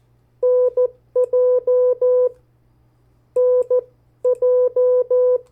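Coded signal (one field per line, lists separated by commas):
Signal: Morse code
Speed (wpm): 14 wpm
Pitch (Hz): 500 Hz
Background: none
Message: NJ NJ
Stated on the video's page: CW practice of the 50 state abbreviations sent at variable speeds.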